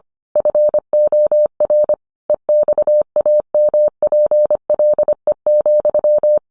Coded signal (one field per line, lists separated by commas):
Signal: Morse code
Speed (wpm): 25 wpm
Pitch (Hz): 600 Hz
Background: none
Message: FOR EXAMPLE,